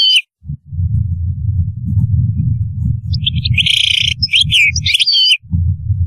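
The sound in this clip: European goldfinch twittering song in two bursts, bright, jangling notes with slurred whistles, heard above a low droning rumble.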